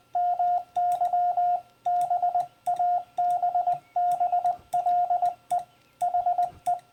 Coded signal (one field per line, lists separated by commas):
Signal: Morse code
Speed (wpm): 20 wpm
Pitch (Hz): 710 Hz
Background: radio noise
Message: MY BABBLE HE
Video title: Story + Paddle Hint for MFJ and Bencher Paddle Users